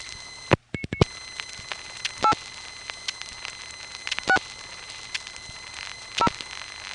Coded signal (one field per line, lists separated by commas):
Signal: DTMF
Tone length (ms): 70 ms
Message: 8 6 0